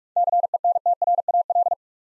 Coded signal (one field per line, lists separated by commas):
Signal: Morse code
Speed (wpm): 44 wpm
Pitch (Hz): 700 Hz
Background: none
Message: CENTRAL